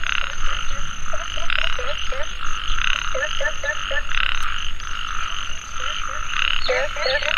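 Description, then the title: Frog chorus with pulsing trills, and short upturned croaks repeating in small groups. Frogs calling in a mountain valley at dusk; field recording. "傍晚山谷里的蛙和鸟齐鸣 声谷"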